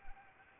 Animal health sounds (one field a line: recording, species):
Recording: mosquito wingbeat signal from an infrared sensor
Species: Anopheles arabiensis